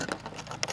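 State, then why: Seated. A key in the lock cylinder of a new glove box latch on a C5/C6 Corvette is turned one more step, with faint rattling and small ticks before a sharp click at 0.6 s. This second click seats the cylinder further into the latch, so the new latch works with the old key.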